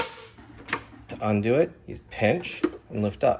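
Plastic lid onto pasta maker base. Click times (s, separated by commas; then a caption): 0.7 s. The plastic lid of an Emeril Lagasse pasta maker is maneuvered onto the base until its bendable plastic notch catches, giving a single sharp click at 0.7 s. Someone talks throughout. The lid is seated in place.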